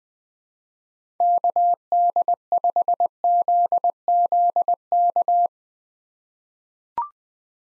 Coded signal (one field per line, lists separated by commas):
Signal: Morse code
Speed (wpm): 20 wpm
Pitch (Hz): 700 Hz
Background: none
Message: KD5ZZK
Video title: 2023 SOTA Activator Call Signs - 20wpm